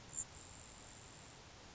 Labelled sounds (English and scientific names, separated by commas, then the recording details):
Grasshopper Sparrow (Ammodramus savannarum)
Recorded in Sonoma County, California